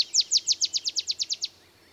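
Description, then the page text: Olive sparrow giving a short burst of about a dozen sharp, evenly spaced chips over one and a half seconds. Simple songs like a field sparrow's bouncing-ball song, though less mellow; early morning in Texas, 50 miles north of the Mexican border. "Olive sparrow. Recording early morning just 50 miles north of the Mexican border in Texas"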